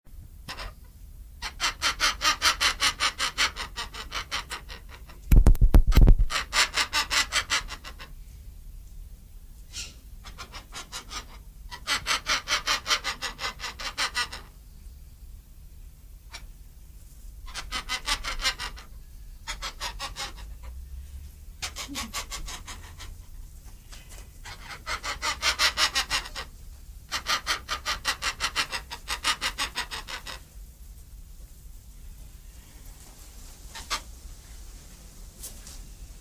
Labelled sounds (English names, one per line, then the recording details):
White Cockatoo call
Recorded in captivity
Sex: male
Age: adult
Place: Zoo Berlin, Berlin, DE
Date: 2007-08-28 18:15
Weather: sonnig, 18°C
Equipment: Sony WM-D6C, Sennheiser ME 80, Kopie Uher 4000 Report Monitor
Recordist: Tembrock, Günter